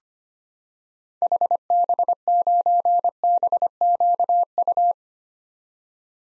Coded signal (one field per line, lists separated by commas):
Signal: Morse code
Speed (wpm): 25 wpm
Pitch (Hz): 700 Hz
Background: none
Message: HB9BQU